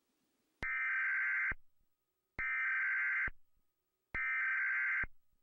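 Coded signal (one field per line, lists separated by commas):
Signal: Emergency Alert System (SAME) tones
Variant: header bursts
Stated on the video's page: Made for an EAS scenario in Videoshop Pro, with attention tones.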